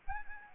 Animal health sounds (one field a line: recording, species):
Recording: mosquito wingbeat signal from an infrared sensor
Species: Anopheles arabiensis